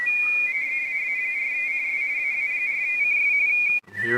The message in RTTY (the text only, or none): AA4CS AA4CS